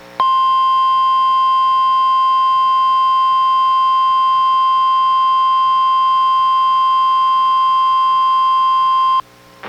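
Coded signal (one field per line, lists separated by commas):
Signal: Emergency Alert System (SAME) tones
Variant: 1050 Hz attention tone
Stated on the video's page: NOAA Weather Radio required weekly test relayed by KEC91, recorded from a Reecom R-1630 weather radio through a Zoom H1 recorder.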